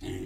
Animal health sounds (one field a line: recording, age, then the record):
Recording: pig call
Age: weaner (32 to 43 days)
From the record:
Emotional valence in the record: negative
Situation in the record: negative conditioning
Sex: female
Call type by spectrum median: low-frequency call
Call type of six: low-frequency stable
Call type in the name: low-frequency stable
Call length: 0.26 s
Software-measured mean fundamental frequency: 53 Hz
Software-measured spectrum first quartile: 215 Hz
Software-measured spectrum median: 382 Hz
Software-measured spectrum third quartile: 1721 Hz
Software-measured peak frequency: 304 Hz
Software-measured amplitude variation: 104 dB a second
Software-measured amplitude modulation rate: 28.8 a second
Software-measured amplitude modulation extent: 3.6 dB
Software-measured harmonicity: 3.1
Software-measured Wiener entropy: -3.28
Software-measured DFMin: 1095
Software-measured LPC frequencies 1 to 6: 349, 1989, 2928, 3687, 4508, 5975 Hz